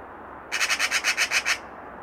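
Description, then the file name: Eurasian magpie uttering a single short burst of about nine rapid, harsh rattling notes. "Pica pica"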